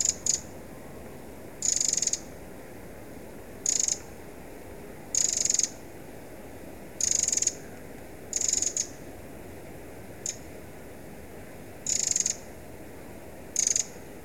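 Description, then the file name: Eurasian wren giving short, very high, buzzy rattling bursts at irregular intervals of one to two seconds over steady background hiss. "Troglodytes troglodytes"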